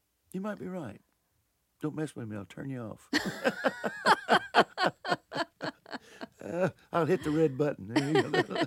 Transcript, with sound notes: You might be right. Don't mess with me, I'll turn you off.
(LAUGHTER)
I'll hit the red button.